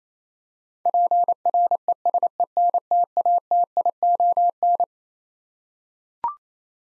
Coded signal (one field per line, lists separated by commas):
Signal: Morse code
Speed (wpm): 27 wpm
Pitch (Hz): 700 Hz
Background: none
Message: PRESENTATION